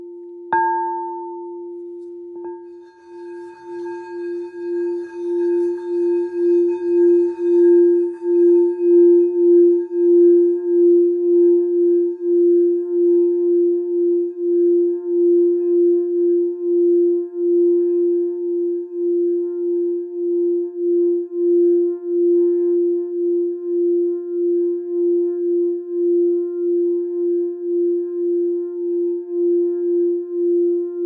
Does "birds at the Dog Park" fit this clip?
no